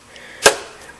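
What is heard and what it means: A plastic safety clip is reattached over the fuel line quick-connect connector during intake manifold replacement on a 1996-2007 Ford 4.6 liter engine. After a faint tick at 0.2 s, a single sharp, bright click sounds at 0.5 s and fades quickly. The safety clip is latched and seated on the fuel line connector.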